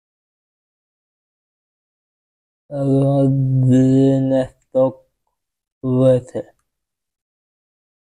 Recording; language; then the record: elicited speech; Bengali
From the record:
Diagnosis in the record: Broca's or global aphasia after a stroke